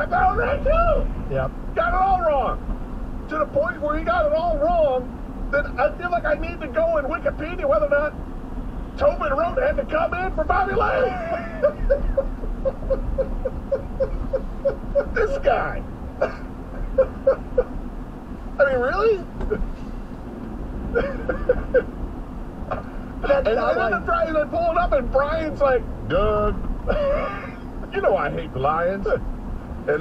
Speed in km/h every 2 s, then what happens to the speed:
63, 61, 61, 60, 61, 61, 61, 60, 61, 61, 63, 64, 61, 60, 58.
0-22 steady at about 61. 22-30 slows to 58.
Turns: none.